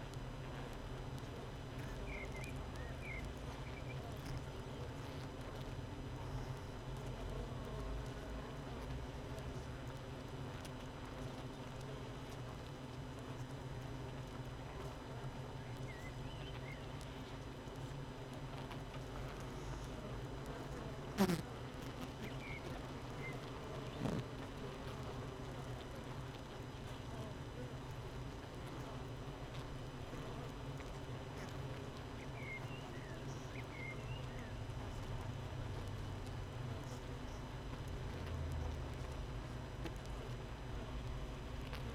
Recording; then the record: honeybee colony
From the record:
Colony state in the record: missing queen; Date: 31 May 2018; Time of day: 7:32